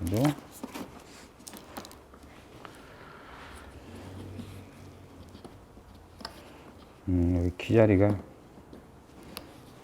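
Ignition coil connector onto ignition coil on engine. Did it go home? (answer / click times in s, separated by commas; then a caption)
yes / 9.4 s. Someone talks while a plastic ignition coil connector is lined up with its key slot and pushed onto the ignition coil of an older Avante DOHC 16V engine. A sharp click is heard at 9.4 s as the connector locks in place, and the connector is seated.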